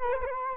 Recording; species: mosquito wingbeat signal from an infrared sensor; Culex quinquefasciatus